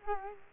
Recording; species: mosquito wingbeat signal from an infrared sensor; Culex quinquefasciatus